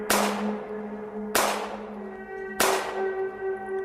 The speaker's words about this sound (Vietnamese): Sau khi tiếng súng của cô ta vang lên, súng của những cảnh sát đằng sau cũng bắt đầu phát ra tiếng pằng pằng.